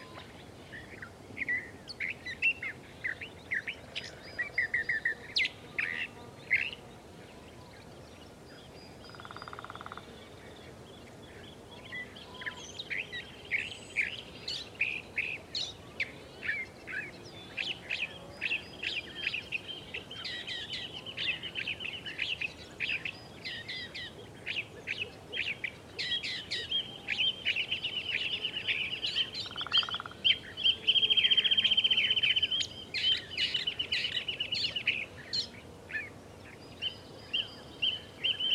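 Many birds call and chirp among blue oaks, a dense, overlapping chatter of quick high notes and short trills that grows busier and louder after about twenty seconds. Two brief lower bursts stand out near ten and thirty seconds, over a soft steady hiss.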